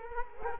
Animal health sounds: mosquito wingbeat signal from an infrared sensor; Culex quinquefasciatus

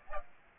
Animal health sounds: mosquito wingbeat signal from an infrared sensor; Aedes aegypti

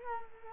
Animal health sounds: mosquito wingbeat signal from an infrared sensor; Culex quinquefasciatus

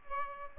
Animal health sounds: mosquito wingbeat signal from an infrared sensor; Aedes aegypti

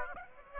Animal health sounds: mosquito wingbeat signal from an infrared sensor; Aedes aegypti

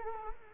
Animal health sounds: mosquito wingbeat signal from an infrared sensor; Culex quinquefasciatus

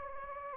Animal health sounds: mosquito wingbeat signal from an infrared sensor; Anopheles gambiae

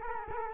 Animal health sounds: mosquito wingbeat signal from an infrared sensor; Culex quinquefasciatus

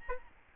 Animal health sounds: mosquito wingbeat signal from an infrared sensor; Aedes albopictus

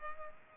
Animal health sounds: mosquito wingbeat signal from an infrared sensor; Culex pipiens

